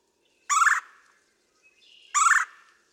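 Red-bellied woodpecker calls, two harsh rolling churrs about one and a half seconds apart, with a faint soft note between.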